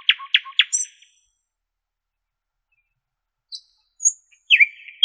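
Common nightingale song in brief bursts: a few quick repeated notes, a long silence, faint high notes, then a slurred phrase at the end.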